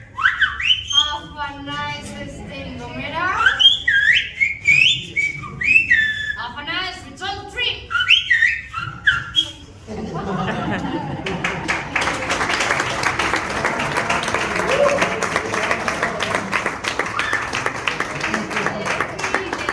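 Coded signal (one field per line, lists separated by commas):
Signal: whistled language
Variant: Silbo Gomero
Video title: Whistled language in La Gomera, Canary Islands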